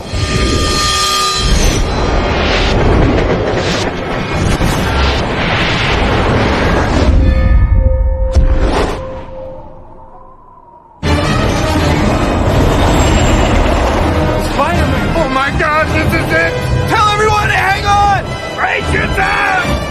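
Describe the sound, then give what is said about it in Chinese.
A loud, dense rattling clatter from the runaway train scene in the 2004 film Spider-Man 2, as he first tries to brake the train with his heels and the rail ties are kicked off one by one; rapid metallic knocks over a heavy roar that briefly drops away before surging back just as loud. “这儿为什么有这个咯咯楞楞的声音呢？就是他最一开始试图用脚后跟把这个车刹住，然后那个火车的那个轨道一节一节的就被他蹬掉了，完全停不下来。”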